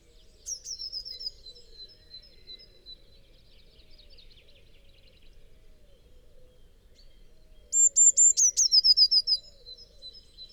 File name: Cyanistes caeruleus